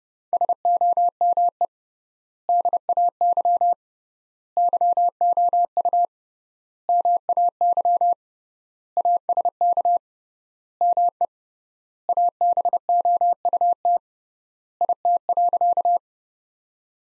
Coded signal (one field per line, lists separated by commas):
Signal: Morse code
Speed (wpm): 30 wpm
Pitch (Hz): 700 Hz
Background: none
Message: SOME DAY YOU MAY ASK ME ABOUT IT.